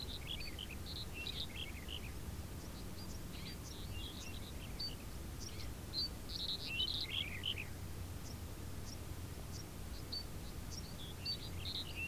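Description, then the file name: Several birds twitter and chirp almost continuously in high, quick notes, with a constant low background rumble throughout. Birds in a field background. "Background of a Field with Birds"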